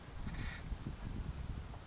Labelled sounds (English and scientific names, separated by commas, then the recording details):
Acorn Woodpecker (Melanerpes formicivorus)
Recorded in Sonoma County, California